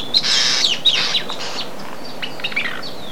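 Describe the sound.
Bird chirps, a bright cluster of buzzy, high notes in the first second, then scattered sharp chirps and short slurred notes over a steady hiss.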